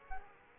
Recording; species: mosquito wingbeat signal from an infrared sensor; Aedes aegypti